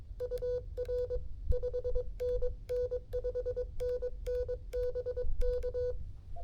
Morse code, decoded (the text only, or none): UR 5NN 5NN BK